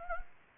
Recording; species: mosquito wingbeat signal from an infrared sensor; Anopheles gambiae